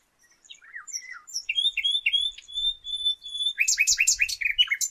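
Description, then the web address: Common nightingale singing soft downslurred notes, then long flat whistles, closing with a fast choppy series of harsh repeated notes. "pub SETE data Luscinia megarhynchos"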